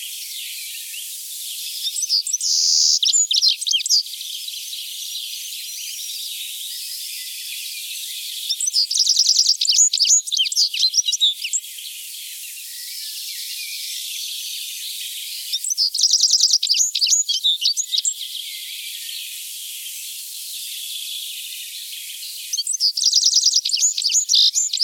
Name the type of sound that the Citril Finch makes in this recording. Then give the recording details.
song. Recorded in the wild. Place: Kandel /Schwarzwald; Waldkirch, Baden-Württemberg, DE. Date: 1984-07-01. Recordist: Schwarz, Dieter